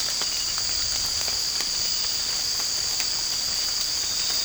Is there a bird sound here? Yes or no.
no